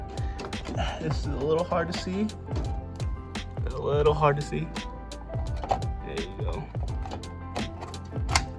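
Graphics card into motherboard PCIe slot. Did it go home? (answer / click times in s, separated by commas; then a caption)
yes / 8.4 s. A graphics card is lined up and pushed down into a motherboard PCIe slot while someone talks over background music, with scattered soft knocks and taps from handling. A loud, sharp click at 8.4 s marks the card seating as its retention latch engages.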